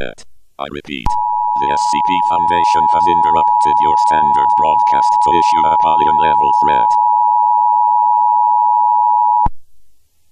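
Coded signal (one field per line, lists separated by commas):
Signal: Emergency Alert System (SAME) tones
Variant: 853 and 960 Hz attention tone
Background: speech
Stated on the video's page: Fictional alert.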